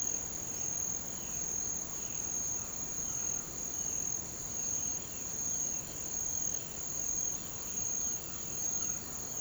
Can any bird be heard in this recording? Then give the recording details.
no. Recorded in pastures near Puerto Asís, Putumayo, Colombia, on 13 March 2025 at 08:00. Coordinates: 0.486, -76.323. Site G075